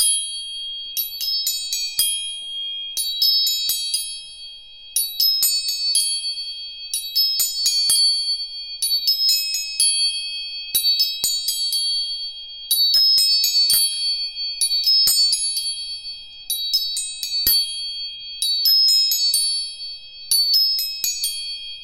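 Tuning forks are struck again and again, roughly every two and a half seconds, each strike a bright, shimmering cluster of high metallic tones that fades before the next. Beneath the strikes, one clear high tone rings steadily through the whole clip, with faint taps at each hit.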